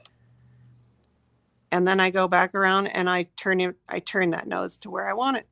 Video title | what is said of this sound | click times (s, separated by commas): It's a Cuddle Bunny Sew-a-Long | And you can literally hear it click. | 0.1 s